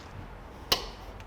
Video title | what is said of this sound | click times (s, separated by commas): N2itive Acceleration Shudder & Inner Tire Wear Kit information and Install instructions | there we go now that you can hear that snap into place so you just want to push this pin back this locking pin back in | 0.7 s